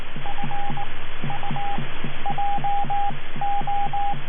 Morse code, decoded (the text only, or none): FU JO